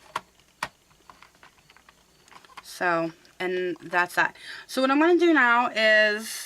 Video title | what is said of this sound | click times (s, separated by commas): Canon Selphy photo printer overview | it into here and you hear it lock in so | 0.2 s, 0.6 s